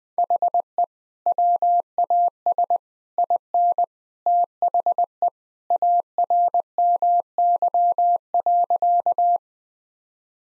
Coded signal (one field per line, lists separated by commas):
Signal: Morse code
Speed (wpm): 20 wpm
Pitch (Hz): 700 Hz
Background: none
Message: HE WAS IN THE ARMY.